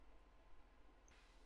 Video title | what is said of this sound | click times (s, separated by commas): Agora Models Build the Mitsubishi A6M Zero Fighter - Pack 4 - Stages 27-36 | nous allons alors prendre un de ces clips cela va juste se clipser au milieu ici | 1.1 s